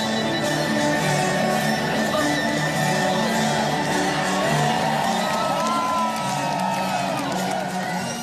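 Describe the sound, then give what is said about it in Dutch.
A large festival crowd at Lowlands cheers and whoops continuously at an orchestra concert of 19th-century classical music, a dense roar of voices with scattered shouts rising above, loud and steady throughout. “Het Noord-Nederlands Orkest kreeg op Lowlands het publiek los op muziek van de 19e-eeuwse componist Richard Wagner”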